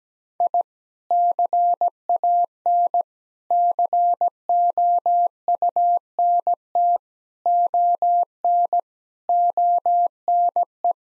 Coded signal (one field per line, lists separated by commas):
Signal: Morse code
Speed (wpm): 17 wpm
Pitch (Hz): 700 Hz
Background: none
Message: I CAN COUNT ON ONE